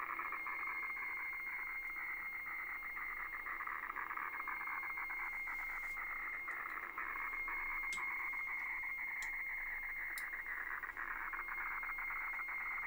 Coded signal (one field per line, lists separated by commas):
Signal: weather fax (radiofax)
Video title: Decoding HF wefax with an Atari 8-bit computer